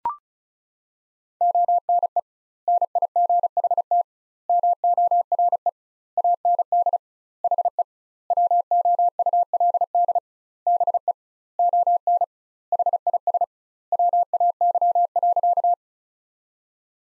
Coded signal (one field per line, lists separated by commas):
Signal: Morse code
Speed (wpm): 36 wpm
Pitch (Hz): 700 Hz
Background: none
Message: ONE NIGHT MORE AND HE WOULD BE ON HIS WAY.